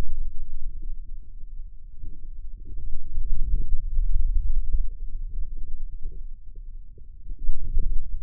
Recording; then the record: forearm muscle sounds (acoustic myography)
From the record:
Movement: hand closing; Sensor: system 2, bracelet of six BSWA MPA416 microphones around the upper forearm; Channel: 6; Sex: male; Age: 22 years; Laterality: right